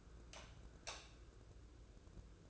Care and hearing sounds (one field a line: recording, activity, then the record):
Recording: daily activity, microphone in the room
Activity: light off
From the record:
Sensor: 2